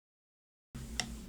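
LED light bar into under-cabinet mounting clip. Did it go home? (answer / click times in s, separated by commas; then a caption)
yes / 1.0 s. An under-cabinet LED light bar is pressed firmly upward into its mounting clip beneath a kitchen cabinet. After silence, a low background hum starts at about 0.7 s, and a single sharp, bright click sounds at 1.0 s. The light bar is seated properly in its clip.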